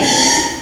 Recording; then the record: squeal of a Yucatan mini pig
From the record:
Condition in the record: before surgery on the right vocal fold (resection and tissue-engineered implant); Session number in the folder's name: 2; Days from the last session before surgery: 0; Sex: male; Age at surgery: 12 weeks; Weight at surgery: 13 kg